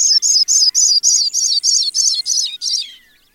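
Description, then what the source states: Pipit song: a fast series of about ten high, buzzy, similar notes repeated evenly, fading at the end; otherwise quiet. Male singing in display flight high above the plain, weaving slowly as if swimming; sings for 20–30 minutes or more, sometimes an hour.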